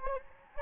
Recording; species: mosquito wingbeat signal from an infrared sensor; Anopheles gambiae